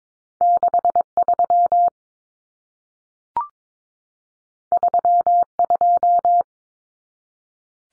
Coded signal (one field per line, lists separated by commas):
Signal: Morse code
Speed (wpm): 22 wpm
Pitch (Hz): 700 Hz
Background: none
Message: 63 32